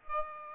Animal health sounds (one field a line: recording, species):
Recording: mosquito wingbeat signal from an infrared sensor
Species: Aedes aegypti